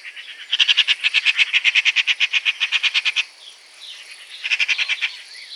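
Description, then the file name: Eurasian magpie chattering: a harsh, rapid rattle of many dry chak notes lasting nearly three seconds, then a shorter rattling burst after a brief pause. "Pica pica"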